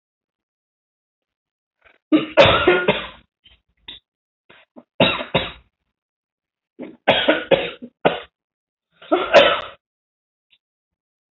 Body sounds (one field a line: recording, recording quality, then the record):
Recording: heavy voluntary cough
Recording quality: moderate, slight background noise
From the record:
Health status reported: healthy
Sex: female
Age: 32 years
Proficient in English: yes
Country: India